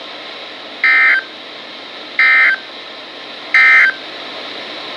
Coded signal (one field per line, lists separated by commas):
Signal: Emergency Alert System (SAME) tones